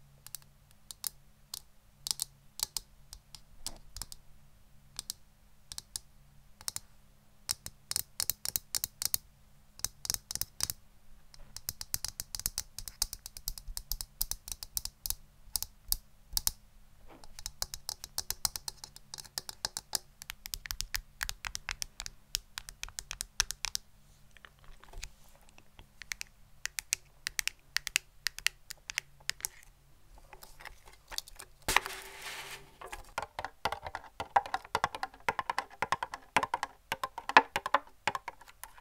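Quick, irregular tapping clicks in a small room, dense bursts and pauses, with a low steady hum underneath and brighter, scratchier taps after thirty seconds.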